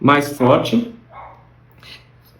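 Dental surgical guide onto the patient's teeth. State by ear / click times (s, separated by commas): seated / 1.8 s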